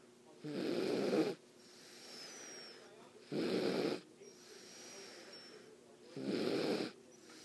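Three loud, rattling snores about three seconds apart, roughly 22 a minute, with quieter breaths between them: a dog snoring.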